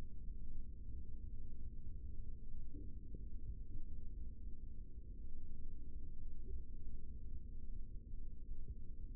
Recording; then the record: forearm muscle sounds (acoustic myography)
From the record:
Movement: rest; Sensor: system 3, bracelet of six PUI Audio POM-2738L microphones around the upper forearm, with dedicated amplification and filtering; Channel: 2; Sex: male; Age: 55 years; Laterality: right